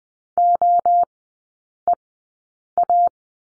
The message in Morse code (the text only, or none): OEA